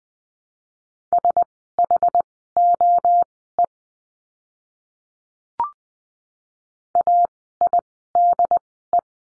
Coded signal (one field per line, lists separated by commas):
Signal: Morse code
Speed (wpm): 20 wpm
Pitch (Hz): 700 Hz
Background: none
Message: SHOE AIDE